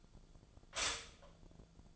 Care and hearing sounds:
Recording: daily activity, microphone in the room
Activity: stop toaster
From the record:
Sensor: 5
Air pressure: 1009.3 hPa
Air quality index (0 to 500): 171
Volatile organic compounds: 4 ppm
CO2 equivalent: 1652 ppm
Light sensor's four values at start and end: 89/235/95/100 and 88/235/95/100

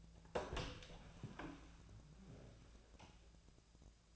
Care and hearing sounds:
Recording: daily activity, microphone in the room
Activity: open door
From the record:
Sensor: 2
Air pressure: 1000.3 hPa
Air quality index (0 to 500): 174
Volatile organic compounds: 3 ppm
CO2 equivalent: 1448 ppm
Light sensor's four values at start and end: 9/23/9/10 and 10/23/10/10

